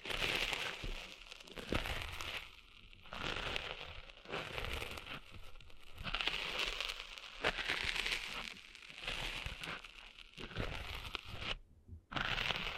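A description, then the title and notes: Scratchy, crackling rubbing sounds of cleaning sand out of ears, coming in bursts that swell and fade every second or two. The hiss is bright and gritty with some low rumbles, and near the end the sound drops out briefly before resuming. ASMR Cleaning Sand Out of Your Ears (No Talking).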